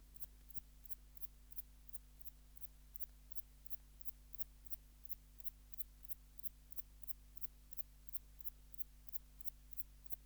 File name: Antaxius spinibrachius